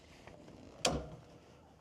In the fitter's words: Clicks into place.